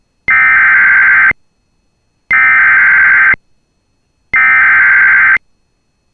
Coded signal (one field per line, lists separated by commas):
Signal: Emergency Alert System (SAME) tones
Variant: header bursts